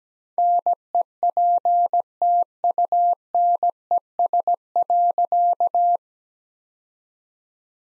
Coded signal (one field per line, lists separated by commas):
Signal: Morse code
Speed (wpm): 17 wpm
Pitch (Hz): 700 Hz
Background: none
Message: NEPTUNES.